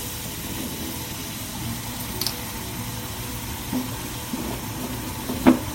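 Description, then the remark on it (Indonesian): Hot palm sugar syrup is poured into a glass with a steady, soft liquid rush, broken by a few small clinks and splashes, the last one near the end standing out most. “Lalu kita siram dengan air rebusan gula aren tadi.”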